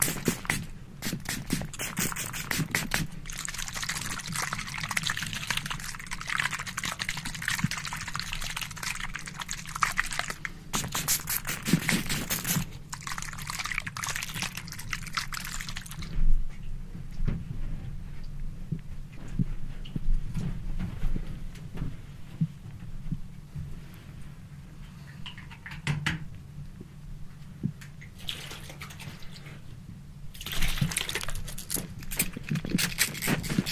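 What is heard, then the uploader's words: Barbershop spray bottle sounds: hissy bursts of spray, bright and dense, come in long runs through roughly the first sixteen seconds and return in shorter bursts near 26 and 30 seconds. Between them, a low steady rumble and soft clicks and handling noises continue. Ultra Fast RAW Barbershop SPRAY Bottle Sounds.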